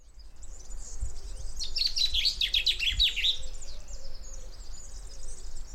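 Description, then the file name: Common chaffinch singing a single brisk song phrase, a quick run of sharp high notes, over a low rumble. "Fringilla coelebs"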